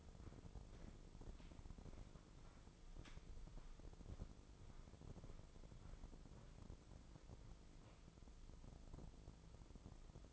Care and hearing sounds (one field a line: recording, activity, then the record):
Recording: daily activity, microphone in the room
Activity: walk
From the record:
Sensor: 5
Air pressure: 996.1 hPa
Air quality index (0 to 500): 249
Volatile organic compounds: 533 ppm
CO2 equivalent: 4862 ppm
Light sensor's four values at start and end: 198/472/201/221 and 197/470/201/220